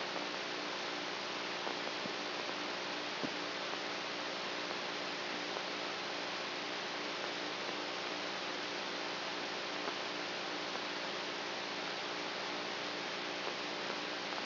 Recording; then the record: brain microelectrode recording played as sound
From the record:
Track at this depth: inside the subthalamic nucleus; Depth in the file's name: 4.503 mm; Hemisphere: right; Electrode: 3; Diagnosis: Parkinson's disease